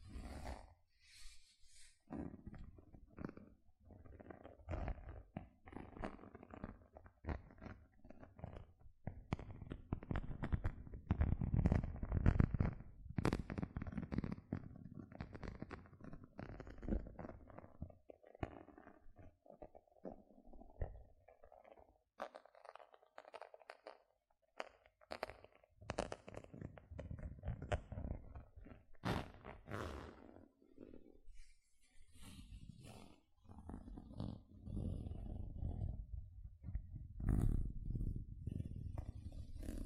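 Gentle scratching continues in uneven bursts, mostly dull and low with a rumbling, muffled texture, while occasional sharper ticks and crisp scrapes flash brighter. The strokes come densely at first, thin out to near silence around the twenty-second mark, then pick up again.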